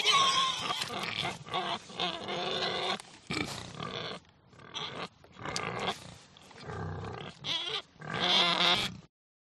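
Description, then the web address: Pigs squealing harshly and repeatedly in a rapid series of loud bursts with brief gaps. Agitated, crazed pigs. "sonido de cerdos enloquecidos"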